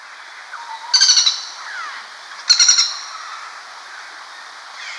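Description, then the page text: Common flameback producing two fast, dry rattling calls about one and a half seconds apart, with soft bird twitters in the background. "Common Flameback Calls. Quick Sounds"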